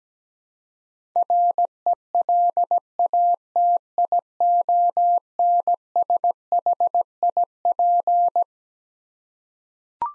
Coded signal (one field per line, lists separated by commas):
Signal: Morse code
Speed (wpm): 17 wpm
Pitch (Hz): 700 Hz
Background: none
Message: RELATIONSHIP